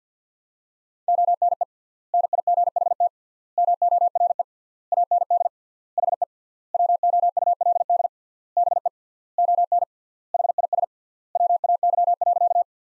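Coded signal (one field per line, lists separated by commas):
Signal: Morse code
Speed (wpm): 50 wpm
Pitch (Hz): 700 Hz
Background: none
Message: ONE NIGHT MORE AND HE WOULD BE ON HIS WAY.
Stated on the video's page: Morse practice sentences from the top 300 words at 50 wpm with 3x word spacing, a word-level analogue of Farnsworth spacing, for head-copy training.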